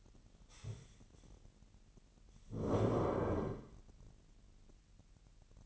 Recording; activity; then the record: daily activity, microphone in the room; stand up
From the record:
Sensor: 4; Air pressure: 1002.8 hPa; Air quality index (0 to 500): 248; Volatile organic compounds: 29 ppm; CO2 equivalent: 2942 ppm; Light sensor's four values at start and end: 9/21/9/9 and 9/21/9/9